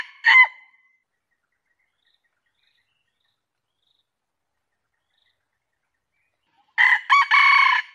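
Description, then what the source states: Junglefowl crow, the final note of one crow, a long quiet gap, then the opening of another harsh crow. Male.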